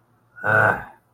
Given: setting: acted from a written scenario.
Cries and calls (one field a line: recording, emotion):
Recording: vocal sound without words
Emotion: contempt